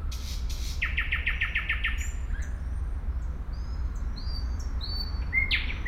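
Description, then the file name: Nightingale song: a fast series of repeated sharp notes, then scattered high whistles and rising slurred notes, over a steady low rumble. Recorded at Sergiyev Posad on 20 May 2011. "nightingale-sergiyevposad-200511"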